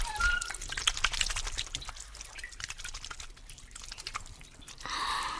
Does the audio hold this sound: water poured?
yes